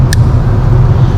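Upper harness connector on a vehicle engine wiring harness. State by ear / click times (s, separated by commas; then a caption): seated / 0.1 s. The upper harness connector on the engine wiring harness of a 2019–2021 GM 5.3 or 6.2 gas vehicle, during a Pulsar LT install, is reconnected by sliding its outer shell downward over a steady low rumble. One sharp click is heard at 0.1 s, and the connector is seated.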